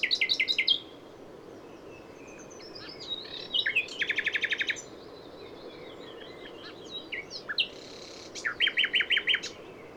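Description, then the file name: Common nightingale song that opens with a fast rattling trill, followed by thin whistles, a dense pulsed burst and a final series of repeated notes. "Luscinia megarhynchos"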